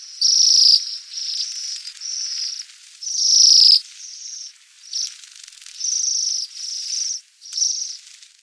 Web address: Songs of Birds of North America Stokes. Bohemian Waxwing